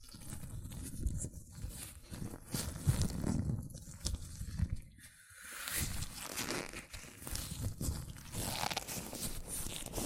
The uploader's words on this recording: ASMR Latex Gloves Hand Sounds (No Talking).